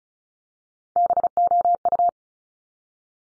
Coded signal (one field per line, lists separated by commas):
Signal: Morse code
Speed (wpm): 36 wpm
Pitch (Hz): 700 Hz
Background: none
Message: BOU